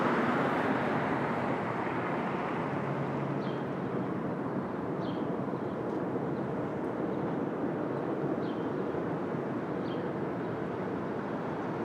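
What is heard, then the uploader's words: Open-air street traffic makes a steady, dense low roar throughout, with faint high bird chirps appearing every few seconds. Brooklyn Dawn, 4 - 17 - 20, Street Traffic, Open Air.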